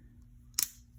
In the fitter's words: Snapped in place,